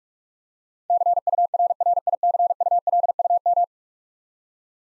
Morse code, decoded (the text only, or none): CURRICULUM